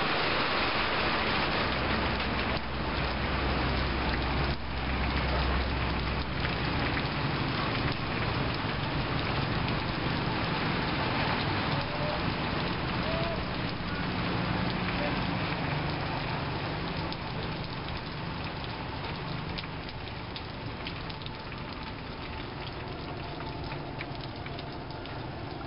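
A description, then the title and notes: Rain patters on a corrugated steel awning at the tail end of a thunderstorm, a dense, crackling spatter with a faint low hum beneath it in the first seconds. The downpour gradually thins and quiets over the second half as the storm eases. Cambodia - rain on corrugated roof. The end of rain falling on a corrugated steel awning from a late afternoon thunderstorm in Siem Reap, Cambodia.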